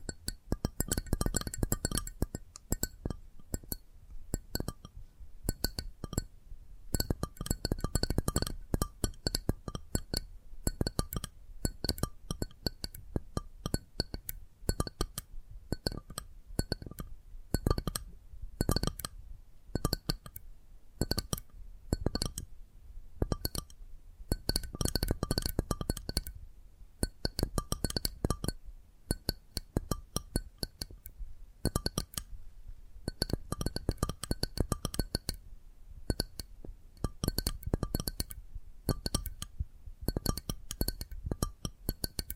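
Addictive tapping triggers: rapid, dense clicks and light glassy clinks run throughout, with a steady low thump under brief pauses between bursts.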